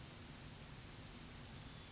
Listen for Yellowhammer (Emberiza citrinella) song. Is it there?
yes